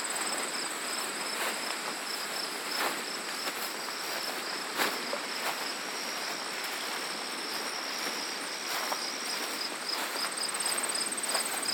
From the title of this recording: Footfalls on a Farm Trail